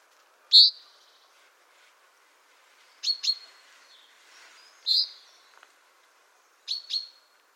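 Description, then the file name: Common chaffinch calling with sharp, bright, high notes, some single and some in quick pairs, spaced about two seconds apart against a quiet background. "Fringilla coelebs"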